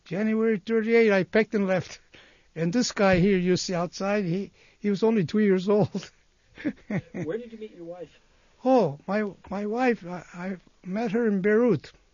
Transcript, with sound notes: January '38 I packed and left and this guy here you see outside, he was only two years old. (he laughs)
Where did you meet your wife?
Oh, my wife, I met her in Beirut